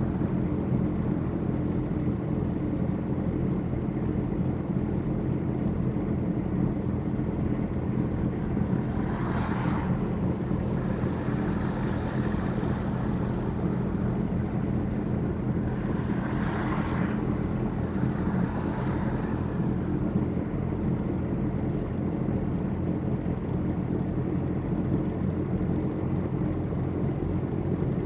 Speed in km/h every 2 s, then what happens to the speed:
54, 53, 53, 52, 53, 52, 52, 53, 53, 53, 54, 55, 55, 57.
0-28 steady at about 53.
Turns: none.